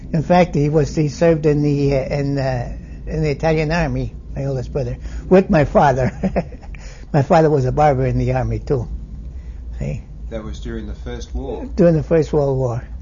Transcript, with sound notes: In fact, he was, he served in the Italian Army, my oldest brother, with my father. ( he laughs ) My father was a barber in the army, too, see.
That was during the first war.
During the First World War,